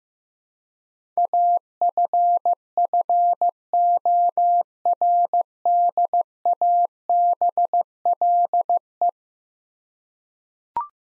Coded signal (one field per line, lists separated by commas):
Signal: Morse code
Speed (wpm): 15 wpm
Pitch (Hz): 700 Hz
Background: none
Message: AFFORDABLE